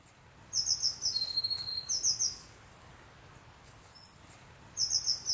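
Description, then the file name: Eurasian blue tit giving rapid high-pitched ticking notes that run into a steady buzzing trill, then more ticking straight after and again near the end, low background rumble. "Cyanistes caeruleus"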